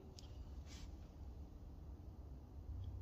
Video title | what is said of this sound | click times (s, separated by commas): Possibly the Best LED Blinkers For Your Motorcycle Tested and Reviewed | locks in place | 0.2 s